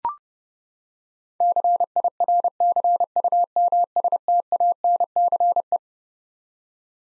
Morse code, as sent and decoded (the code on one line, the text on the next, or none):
-.-. .. .-. -.-. ..- -- ... - .- -. -.-. .
CIRCUMSTANCE